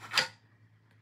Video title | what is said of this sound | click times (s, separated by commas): PowerBlock Elite EXP Adjustable Dumbbells Review, Saving Solution for Home Workouts | And that is a magnetic click. | 0.2 s